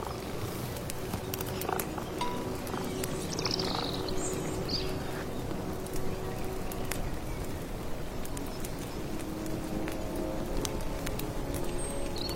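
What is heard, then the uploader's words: Birdsong over a steady low crackle and rustle, like firewood burning while rain patters. Short bright chirps and calls come every second or two, with a brief whistled phrase near four seconds, while the dense low rumble and scattered clicks stay even throughout. Stir your magic amulet soup, accompanied by birdsong, firewood, rustling rain.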